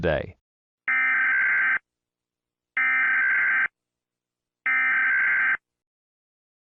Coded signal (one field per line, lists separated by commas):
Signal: Emergency Alert System (SAME) tones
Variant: header bursts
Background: speech